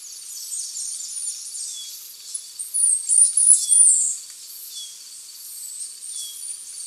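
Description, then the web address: Chestnut-capped brush-finch song: very high, thin, sibilant notes with a brief louder burst of squeaky phrases in the middle, plus faint lower down-slurred notes. Ecuador. "Natures Songs S America Birds of Ecuador Chestnut-Capped Brush-Finch"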